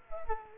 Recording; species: mosquito wingbeat signal from an infrared sensor; Culex quinquefasciatus